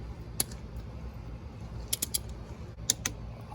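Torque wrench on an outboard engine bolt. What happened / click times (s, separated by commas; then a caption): The torque wrench clicked at its set torque / 2.9 s. A torque wrench set to 22 lbs tightens a bolt on an outboard engine, with short sharp clicks at about 0.4 s, a cluster around 1.9–2.2 s, and more at 2.9 s and 3.1 s over a steady low hum. At 2.9 s the wrench breaks over with its click, showing the bolt has reached the set torque.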